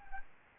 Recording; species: mosquito wingbeat signal from an infrared sensor; Aedes albopictus